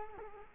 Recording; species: mosquito wingbeat signal from an infrared sensor; Culex quinquefasciatus